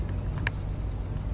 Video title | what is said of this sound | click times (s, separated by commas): LIAISON FLECHE ARBALETE | son mécanisme voilà on entend le crif cela la flèche ont fait sur jack la flèche est bien bloquée dans mécanisme donc | 0.5 s